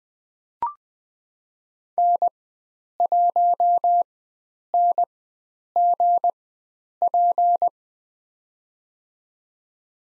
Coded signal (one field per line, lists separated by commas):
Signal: Morse code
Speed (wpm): 20 wpm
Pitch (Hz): 700 Hz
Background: none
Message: N1NGP